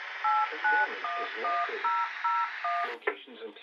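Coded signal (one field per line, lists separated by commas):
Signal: DTMF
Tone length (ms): 210 ms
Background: speech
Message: 8911001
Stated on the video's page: Siren activation tones heard on a scanner; Saint Louis County sirens are automatically activated via POCSAG from RapidWarn, with zoned activation.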